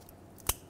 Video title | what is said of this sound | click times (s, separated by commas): Serpentine Belt Flat Idler Pulleys 2004-2008 Ford F-150 | make sure it clicks | 0.5 s